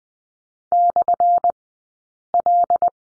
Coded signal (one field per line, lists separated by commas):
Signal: Morse code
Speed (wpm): 20 wpm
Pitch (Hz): 700 Hz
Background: none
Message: /L